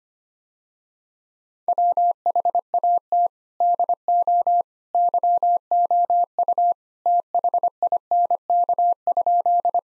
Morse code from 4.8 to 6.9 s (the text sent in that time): YOU